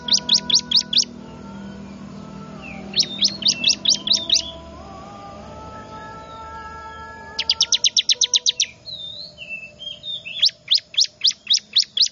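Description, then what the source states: Bar-winged prinia giving four rapid bursts of sharp, high chirps, a few seconds apart, over faint background noise. Noisy lure call, described as highly effective, used to attract wild birds.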